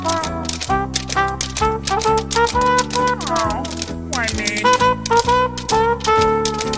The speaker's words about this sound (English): Oh, not the bugle. Honey, those sheep are tap dancing.